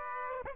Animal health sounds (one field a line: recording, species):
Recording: mosquito wingbeat signal from an infrared sensor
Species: Aedes aegypti